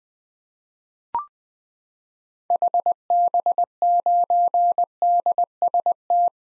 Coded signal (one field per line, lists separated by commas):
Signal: Morse code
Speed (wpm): 20 wpm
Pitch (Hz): 700 Hz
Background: none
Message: HB9DST